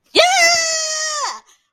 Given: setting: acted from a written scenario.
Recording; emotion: vocal sound without words; triumph